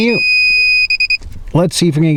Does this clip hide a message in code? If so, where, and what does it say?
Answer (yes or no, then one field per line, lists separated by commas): no